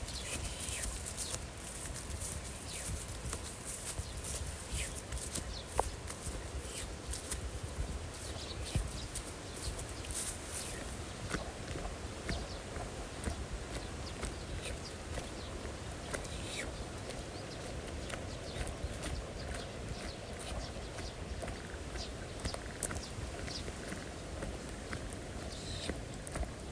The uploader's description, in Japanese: 田んぼの水面の音、賑やかに鳴き続けるスズメ、時折聞こえるカエルの声。